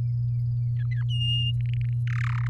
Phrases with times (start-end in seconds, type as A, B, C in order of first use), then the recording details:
0.76-1.03 A, 1.08-1.52 B, 1.60-1.93 C, 2.07-2.48 D. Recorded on 7 May 2018 at 13:42. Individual llb16